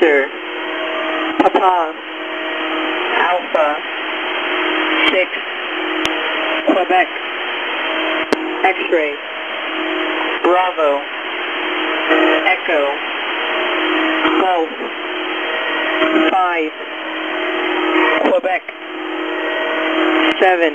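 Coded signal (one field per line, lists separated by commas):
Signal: coded military voice message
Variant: Emergency Action Message, English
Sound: a male voice reads phonetic-alphabet letters and digits one by one over radio hiss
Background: radio static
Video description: This is a recording of an Emergency Action Message. They are transmissions sent out across the High Frequency Global Communications System (HFGCS), which is used by the US military to communicate with various assets, including nuclear-capable aircraft and submarines.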